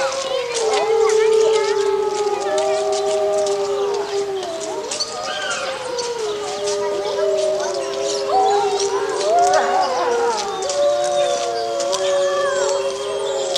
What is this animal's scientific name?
Canis lupus